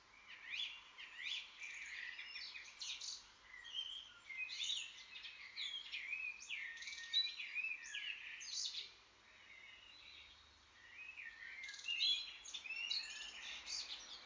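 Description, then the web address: Birds singing in a dawn chorus, several overlapping high whistled and warbled phrases with chirps coming in waves, a short lull near the tenth second. Morning chorus. "Bird Sound Collectors Bird Sounds Best Of Birds 05 Morning Chorus Birds"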